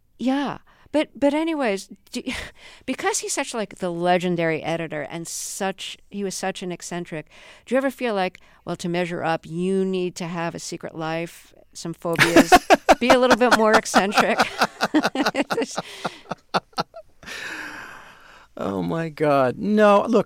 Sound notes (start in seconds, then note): 12.1 laughter; 14.6 laughter